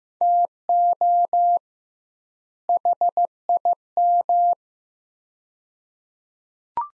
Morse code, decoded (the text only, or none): TO HIM